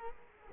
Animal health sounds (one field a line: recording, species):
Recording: mosquito wingbeat signal from an infrared sensor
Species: Culex quinquefasciatus